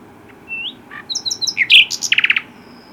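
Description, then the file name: Common nightingale song: a rising whistle, quick twittering notes, then a rapid run of loud clipped notes near the end. "Luscinia megarhynchos"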